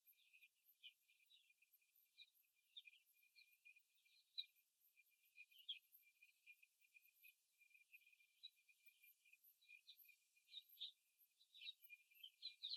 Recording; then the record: young laying hens in a cage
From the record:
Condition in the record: after the stressor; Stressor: simulated dog barking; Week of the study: 1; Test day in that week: 2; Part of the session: 3